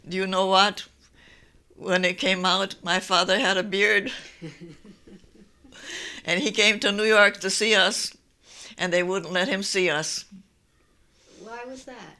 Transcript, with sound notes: Do you know what? When he came out, my father had a beard. ( they laugh ) And he came to New York to see us, and they wouldn't let him see us.
Why was that?